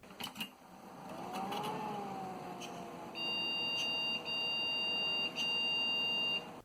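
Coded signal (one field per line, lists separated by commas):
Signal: beep code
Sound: clicks and rustling, then one long high steady beep with brief interruptions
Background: handling noise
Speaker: I installed the RAM and found that it also didn't work. I I tried a few times with only one stick, and I also rearranged the RAM in the slots a couple times, but this only produced more post-error codes.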